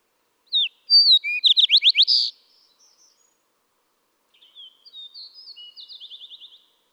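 Fox Sparrow song, a loud phrase of whistles and fast rising slurred notes, then a softer repeated trilled phrase a few seconds later.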